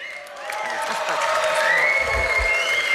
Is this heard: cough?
no